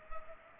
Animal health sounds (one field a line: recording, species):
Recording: mosquito wingbeat signal from an infrared sensor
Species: Culex pipiens